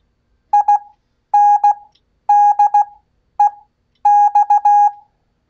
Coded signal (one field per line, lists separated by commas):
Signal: Morse code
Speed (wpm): 16 wpm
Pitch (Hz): 820 Hz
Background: none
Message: INDEX